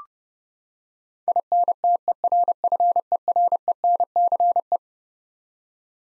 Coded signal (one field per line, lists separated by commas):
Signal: Morse code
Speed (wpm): 30 wpm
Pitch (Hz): 700 Hz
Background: none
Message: INTERFERENCE